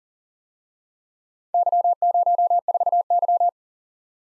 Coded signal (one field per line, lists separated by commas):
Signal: Morse code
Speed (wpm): 36 wpm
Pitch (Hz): 700 Hz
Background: none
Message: Y04Y